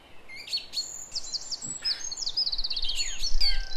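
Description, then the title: Song thrush song, high piping phrases and a quick run of repeated notes, with a low rumble rising toward the end. Song at 06h. "Zanglijster 06h Durenne2"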